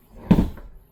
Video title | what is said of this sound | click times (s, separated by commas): JATT Caravan Hire Inside 2023 4 Bunk Jayco Journey | You'll hear a clunk on the roof like that. And then that's it. Nicely snug. | 0.3 s